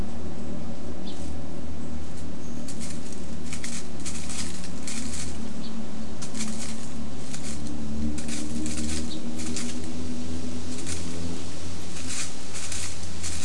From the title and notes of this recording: Wind through bay, leaf litter talon scratch. 3:00-3:30 pm. Throwback to a late summer windy day under the clearing-edge coast live oaks, spotted towhee foraging in the leaf litter.